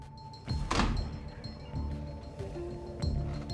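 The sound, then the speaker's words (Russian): A door is opened by Safronov with a solid thunk and a brief rattling clatter, followed by a few softer knocks and faint clinks over a steady low hum. “Сафронов открывает”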